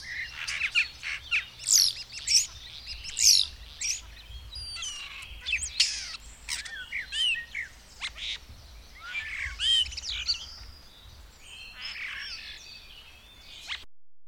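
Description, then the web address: Bird song of sharp high twittering phrases, loudest early on and thinning toward the end. "madarak enek"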